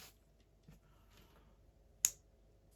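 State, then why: Seated. The blade of a folding knife is flipped open until the lock in the handle engages, giving one sharp, bright click at 2.1 s after a faint soft knock near 0.7 s. The blade is locked open and will not fold back.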